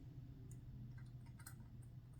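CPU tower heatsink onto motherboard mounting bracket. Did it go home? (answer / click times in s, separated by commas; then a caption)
no / none. A Noctua NH-D9L CPU tower heatsink is lowered and lined up over its mounting screws on the motherboard mounting bracket, before its spring screws are driven down. Faint handling ticks come at about 0.5, 1.4 and 1.5 s over a steady low hum. Nothing has seated or clicked yet.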